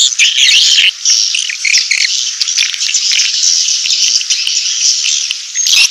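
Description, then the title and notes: Swiftlets twittering continuously in a shrill, high chattering flow that hardly pauses, with a few sharper squeaks mixed in. Swiftlet sound used in swiftlet farming in Asia. "Swiflet Bird Sound. Farming Swiflet Bird asia sound"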